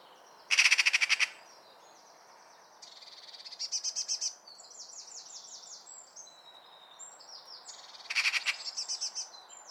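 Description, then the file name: Eurasian magpie giving harsh, rattling chatter bursts near the start and end, with thinner high notes in between. "Pica pica"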